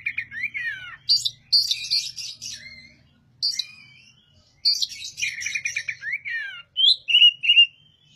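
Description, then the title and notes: Oriental magpie-robin song: varied whistled phrases and rapid chattering notes in bursts separated by short pauses, with a faint low hum underneath. Master song for training other birds; the bird is singing vigorously (gacor). "Suara Burung Kacer masteran. burung kacer gacor hebat"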